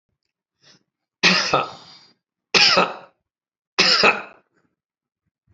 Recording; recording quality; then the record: heavy voluntary cough; moderate, slight background noise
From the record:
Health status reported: healthy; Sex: male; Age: 63 years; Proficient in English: yes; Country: India